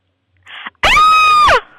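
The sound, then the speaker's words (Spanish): A woman lets out one loud, sustained high-pitched scream over the phone for a machine to record, lasting under a second, just after a short breathy noise. “Yo para poderla calificar, me hace falta que usted me pegue un grito por el teléfono para que la máquina la registre, por favor.”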